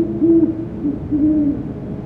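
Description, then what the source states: Great horned owl giving deep, muffled hoots, a short note followed by a longer level one, against a low background hum. Recorded by automated recording units; species abundant across its range but vocalizes infrequently.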